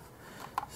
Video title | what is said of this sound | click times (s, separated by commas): Sony DCR - SX33E Handycam | it's a little bit fiddly there, isn't it? And it just clicks back in. | 0.6 s